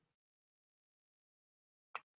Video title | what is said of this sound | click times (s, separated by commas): How I film my RC videos and what cameras and gear I use. | hear it snap together look and if this is uh just a little piece and see | 2.0 s